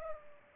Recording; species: mosquito wingbeat signal from an infrared sensor; Culex pipiens